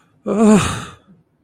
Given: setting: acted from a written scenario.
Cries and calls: vocal sound without words; fear

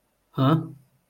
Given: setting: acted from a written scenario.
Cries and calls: vocal sound without words; confusion

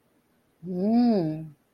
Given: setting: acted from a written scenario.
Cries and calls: vocal sound without words; desire

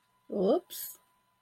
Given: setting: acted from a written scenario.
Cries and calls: vocal sound without words; embarrassment

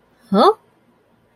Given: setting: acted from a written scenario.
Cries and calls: vocal sound without words; confusion

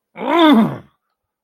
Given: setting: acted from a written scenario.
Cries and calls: vocal sound without words; anger

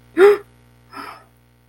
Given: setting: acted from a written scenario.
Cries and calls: vocal sound without words; negative surprise

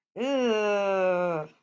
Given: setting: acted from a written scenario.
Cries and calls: vocal sound without words; disgust

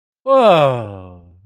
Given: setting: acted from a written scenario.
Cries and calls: vocal sound without words; positive surprise

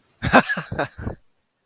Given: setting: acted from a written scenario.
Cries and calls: vocal sound without words; amusement

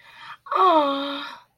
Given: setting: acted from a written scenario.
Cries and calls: vocal sound without words; adoration

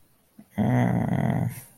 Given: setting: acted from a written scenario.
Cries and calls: vocal sound without words; shame

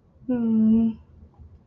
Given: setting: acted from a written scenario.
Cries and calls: vocal sound without words; romantic love

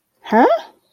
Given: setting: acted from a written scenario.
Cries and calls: vocal sound without words; confusion

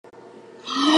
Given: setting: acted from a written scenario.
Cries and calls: vocal sound without words; anger

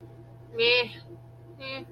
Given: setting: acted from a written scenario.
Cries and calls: vocal sound without words; neutral

